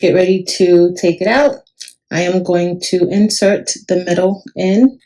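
Someone talks while getting ready to insert the lens holder, the part without the magnet, back into the print head of a Glowforge Pro laser cutter during cleaning because it isn't cutting. The clip ends just before the part goes home; nothing has seated or clicked yet.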